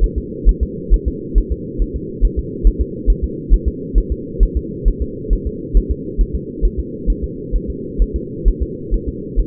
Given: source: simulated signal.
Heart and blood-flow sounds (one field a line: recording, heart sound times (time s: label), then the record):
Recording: fetal heart sounds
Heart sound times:
0.04 s: S1
0.18 s: S2
0.49 s: S1
0.63 s: S2
0.94 s: S1
1.08 s: S2
1.38 s: S1
1.52 s: S2
1.82 s: S1
1.96 s: S2
2.25 s: S1
2.39 s: S2
2.67 s: S1
2.81 s: S2
3.10 s: S1
3.24 s: S2
3.53 s: S1
3.68 s: S2
3.98 s: S1
4.12 s: S2
4.43 s: S1
4.57 s: S2
4.88 s: S1
5.02 s: S2
5.33 s: S1
5.47 s: S2
5.77 s: S1
5.91 s: S2
6.21 s: S1
6.35 s: S2
6.65 s: S1
6.79 s: S2
7.10 s: S1
7.24 s: S2
7.56 s: S1
7.70 s: S2
8.02 s: S1
8.16 s: S2
8.48 s: S1
8.62 s: S2
8.94 s: S1
9.08 s: S2
9.40 s: S1
From the record:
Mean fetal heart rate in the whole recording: 135 bpm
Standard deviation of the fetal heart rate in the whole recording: 3 bpm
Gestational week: 36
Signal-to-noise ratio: -4.1 dB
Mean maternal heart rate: no maternal heart sound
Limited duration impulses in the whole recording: absent